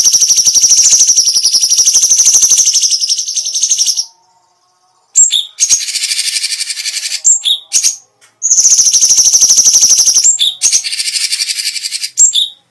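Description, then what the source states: Cucak cungkok pouring out a long continuous high trill, then, after a pause, whistled notes and more extended fast trills. Special song bursts, called "tembakan istimewa".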